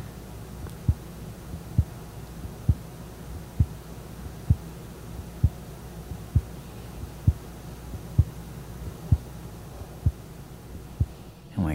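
An adult woman's heartbeat, abnormally loud and audible directly in a quiet room with her chest held right in front of the microphone, about 2 years after aortic surgery.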